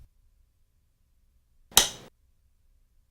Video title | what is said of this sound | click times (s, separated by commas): Family Life Nazarene Church - AED Training & Update | It snaps into place easily. | 1.8 s